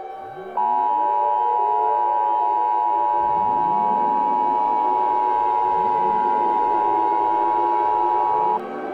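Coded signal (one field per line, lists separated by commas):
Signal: Emergency Alert System (SAME) tones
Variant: 853 and 960 Hz attention tone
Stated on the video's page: Fictional EAS scenario about a hurricane.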